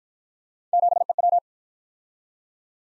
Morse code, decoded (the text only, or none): 7EW